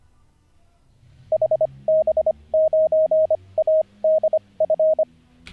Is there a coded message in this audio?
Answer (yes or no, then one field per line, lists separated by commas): yes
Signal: Morse code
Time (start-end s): 1.3-5.0 s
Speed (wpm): 25 wpm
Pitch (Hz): 630 Hz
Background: radio noise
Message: HB9ADF